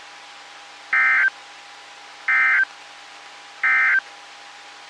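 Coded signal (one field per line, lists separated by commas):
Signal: Emergency Alert System (SAME) tones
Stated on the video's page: EAS alerts from NOAA Weather Radio transmitters in Ohio.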